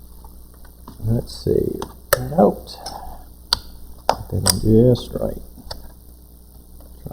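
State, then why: Seated. On a Sony VGN-NW270F laptop getting an 8 GB memory upgrade, the second RAM stick did not catch all the way in its SO-DIMM slot, so it is pulled out and reinserted while someone talks. It snaps down with a very loud, sharp click at 3.5 s and is seated, with softer clicks and handling noises around it.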